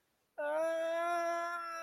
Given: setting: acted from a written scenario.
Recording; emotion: vocal sound without words; pain